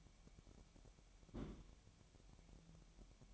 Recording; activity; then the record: daily activity, microphone in the room; place on stove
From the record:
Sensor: 1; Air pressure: 1012.2 hPa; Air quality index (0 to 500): 217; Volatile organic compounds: 5 ppm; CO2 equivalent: 1739 ppm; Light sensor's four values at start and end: 73/175/74/77 and 73/174/73/77